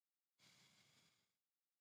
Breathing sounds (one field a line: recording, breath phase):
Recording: one breath near a microphone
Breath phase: exhalation